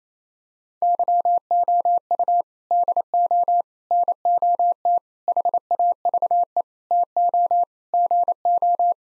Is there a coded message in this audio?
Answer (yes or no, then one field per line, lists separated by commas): yes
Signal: Morse code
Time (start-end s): 0.8-8.9 s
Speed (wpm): 27 wpm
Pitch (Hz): 700 Hz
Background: none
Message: YOU DO NOT HAVE TO GO